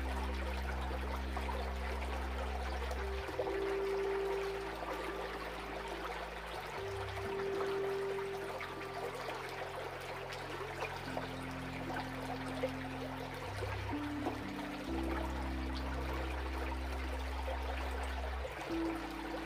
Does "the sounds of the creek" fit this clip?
yes